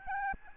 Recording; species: mosquito wingbeat signal from an infrared sensor; Aedes albopictus